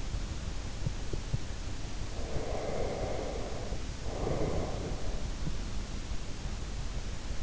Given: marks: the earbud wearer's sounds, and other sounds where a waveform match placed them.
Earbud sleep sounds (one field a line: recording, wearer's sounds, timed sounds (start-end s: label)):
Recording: sounds in sleep by an in-ear microphone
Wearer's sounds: teeth grinding, breath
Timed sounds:
0.69-1.63 s: teeth grinding
2.00-5.52 s: breath